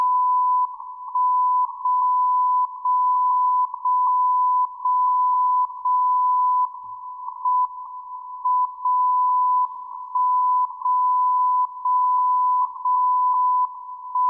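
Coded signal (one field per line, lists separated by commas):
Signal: radio time signal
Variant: WWVB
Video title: Airspy HF+ Discovery SDR with YouLoop Passive Loop Antenna WWVB @ 60 kHz from Fort Collins Colorado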